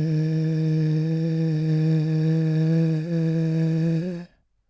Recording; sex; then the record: sustained vowel /e/; male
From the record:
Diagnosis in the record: Parkinson's disease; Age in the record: 65 years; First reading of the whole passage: 164 s, 3.2 characters per second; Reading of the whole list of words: 151 s, 1.9 characters per second